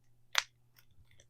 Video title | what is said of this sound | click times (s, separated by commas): 1st Amazon Coach Purchase & Coach Haul‼️ | Okay, now it's snapped back in there. | 0.4 s